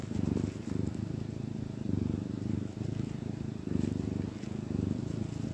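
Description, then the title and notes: Domestic cat purring, a soft low rumble in repeated inhale-exhale pulses. Happy cat purring. "Cat Cafe and Art. Happy cat purrs"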